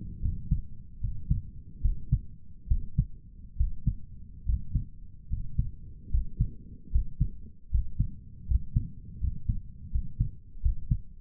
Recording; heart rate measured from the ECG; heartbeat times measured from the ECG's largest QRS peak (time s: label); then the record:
heart sounds by stethoscope; 75 bpm
0.21 s: heartbeat
1.00 s: heartbeat
1.81 s: heartbeat
2.67 s: heartbeat
3.56 s: heartbeat
4.45 s: heartbeat
5.28 s: heartbeat
6.10 s: heartbeat
6.91 s: heartbeat
7.70 s: heartbeat
8.46 s: heartbeat
9.19 s: heartbeat
9.90 s: heartbeat
10.61 s: heartbeat
From the record:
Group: healthy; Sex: male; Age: 23 years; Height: 178 cm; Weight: 96.6 kg